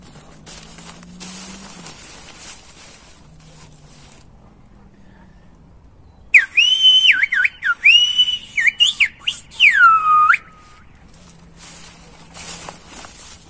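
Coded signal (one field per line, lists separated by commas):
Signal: whistled language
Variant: Silbo Gomero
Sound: about four seconds of loud sliding whistles rising and dipping, between quiet background stretches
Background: room ambience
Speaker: if I say you that I was trying to tell, to be or not to be, that is the question. Listen again.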